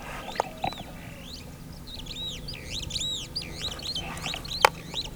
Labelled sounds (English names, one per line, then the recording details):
Superb Starling flight call
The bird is a female
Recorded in Kenya on 9 April 2009 at 07:37
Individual 67, of group MRCV